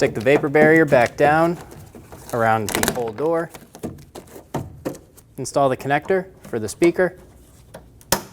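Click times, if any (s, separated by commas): 8.1 s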